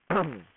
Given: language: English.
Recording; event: throat vibration sensor signal played as sound; throat clearing